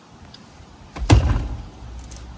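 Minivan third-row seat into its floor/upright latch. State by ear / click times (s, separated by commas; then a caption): seated / 1.1 s. A handle is pulled on the other side's third-row Magic Stow and Go seat of a 2025 Honda Odyssey Sport-L minivan, and the seat latch engages into its floor/upright latch with a sharp click at 1.1 s. A faint tick and a rising rustle come before it, and a low rumble with soft ticks follows. The seat is confirmed latched.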